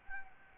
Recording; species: mosquito wingbeat signal from an infrared sensor; Aedes albopictus